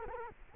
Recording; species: mosquito wingbeat signal from an infrared sensor; Culex quinquefasciatus